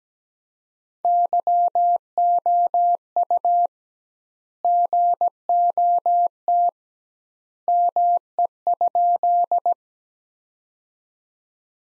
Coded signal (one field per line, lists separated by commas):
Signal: Morse code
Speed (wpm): 17 wpm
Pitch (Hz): 700 Hz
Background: none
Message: YOU GOT ME?